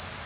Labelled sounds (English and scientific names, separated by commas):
Chestnut-sided Warbler (Setophaga pensylvanica) flight call